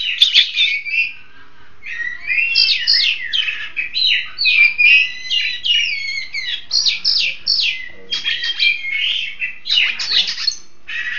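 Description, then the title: Long-tailed shrike song in rapid phrases of scratchy chatter and thin whistled slurs, pulsing on and off throughout. "Kicau Burung Pentet"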